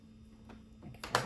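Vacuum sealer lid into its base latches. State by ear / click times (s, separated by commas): seated / 1.0 s, 1.2 s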